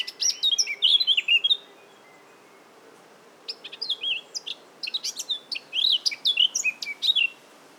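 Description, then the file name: Eurasian Blackcap warbling song: a rapid chattering phrase of varied high notes, a pause, then a longer run of scratchy and fluty notes; quiet steady background. "Sylvia atricapilla"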